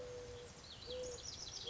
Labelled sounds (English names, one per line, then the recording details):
Mourning Dove
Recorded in Sonoma County, California